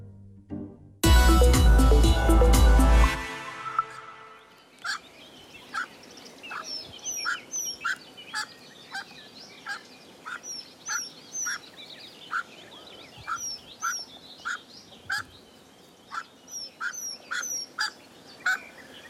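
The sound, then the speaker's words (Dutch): A loud, harsh burst opens, then a pheasant hen and her chicks, living partly hidden in tall grass, trade soft, short contact calls: thin peeps and quiet clucks repeating irregularly in a steady trickle, with no talking. “Fazante hen met kuikens die een deels verborgen leven leiden in het hoge gras.”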